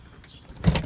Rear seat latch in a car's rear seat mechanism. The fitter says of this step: that seat Al Lock into place there now you can see we have nice clean access to the amplifier